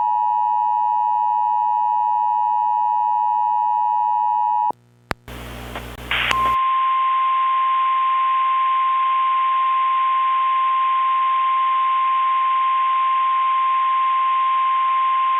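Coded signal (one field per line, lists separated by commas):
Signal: Emergency Alert System (SAME) tones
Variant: 853 and 960 Hz attention tone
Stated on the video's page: Mock EAS alert, simulated tones, not a real broadcast.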